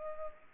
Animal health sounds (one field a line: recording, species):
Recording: mosquito wingbeat signal from an infrared sensor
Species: Culex pipiens